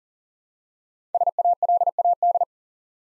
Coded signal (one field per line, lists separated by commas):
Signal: Morse code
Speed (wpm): 43 wpm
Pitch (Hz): 700 Hz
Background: none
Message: SALAD